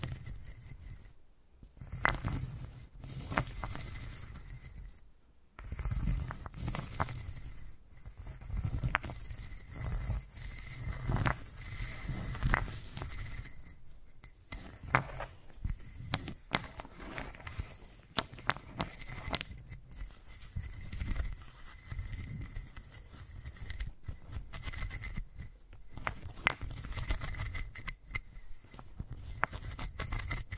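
Wooden balls are rolled, tapped and scraped in dense, uneven bursts of clicks and rubbing, with deeper thumps and rumbles underneath. The handling runs almost without pause, broken by brief silences near 2, 5 and 14 seconds, while a faint steady whine persists throughout.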